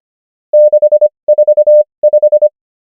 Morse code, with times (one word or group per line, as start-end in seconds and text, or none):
0.5-1.1 6
1.3-1.8 4
2.0-2.5 5